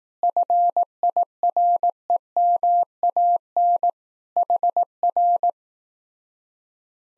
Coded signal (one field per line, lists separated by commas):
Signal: Morse code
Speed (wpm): 18 wpm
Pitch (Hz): 700 Hz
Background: none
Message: FIREMAN HR